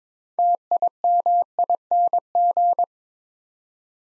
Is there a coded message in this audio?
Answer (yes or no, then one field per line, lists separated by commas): yes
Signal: Morse code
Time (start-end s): 0.4-2.8 s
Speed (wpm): 22 wpm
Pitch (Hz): 700 Hz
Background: none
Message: TIMING